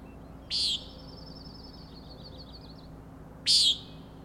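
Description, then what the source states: Common nighthawk giving two harsh, nasal peents about three seconds apart; a thin, wavering note follows the first and fades out. Up to three birds at 4am, Schoodic Head overlook, Acadia National Park, Winter Harbor, Maine; peenting while flying in close follow-the-leader formation near the recordist.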